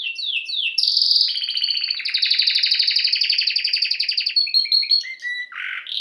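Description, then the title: Domestic canary song opening with descending whistled slurs, then long fast trills that step lower, followed by short repeated notes and a harsh buzzy burst. Male Belgian canary singing a lot, used to warm up a young canary. "Canary Training Esquente Seu Filhote E Canario Belga Macho Cantando Muito"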